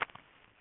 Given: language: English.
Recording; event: throat vibration sensor signal played as sound; swallow